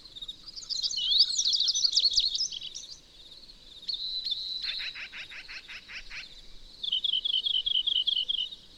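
Bird song of varied high twitters, a sudden series of rapid clicking notes in the middle, then a repeated bright looping phrase to close.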